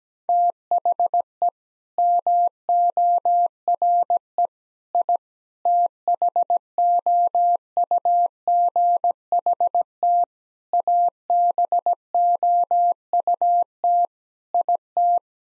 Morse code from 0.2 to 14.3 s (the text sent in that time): THE MORE I THOUGHT ABOUT